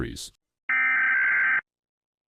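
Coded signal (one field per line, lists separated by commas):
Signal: Emergency Alert System (SAME) tones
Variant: header bursts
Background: speech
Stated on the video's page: EAS alert tones in a fan-made, fictional scenario.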